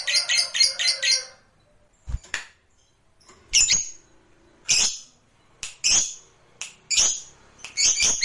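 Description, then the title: Lovebird squawks: a quick burst of harsh notes, then loud shrill screeches spaced roughly every second. Lovebird sound used to stimulate lovebirds. "Suara Lovebird"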